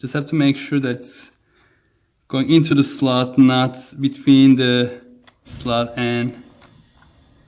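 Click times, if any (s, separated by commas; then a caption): 6.6 s. A small SD memory card is lined up face-up and pushed into the card slot of a VISUO XS809HW foldable RC drone while someone talks, checking that the card goes into the slot and not beside it. A sharp click at 6.6 s marks the card seating inside the slot, followed by a fainter tick at 7.0 s.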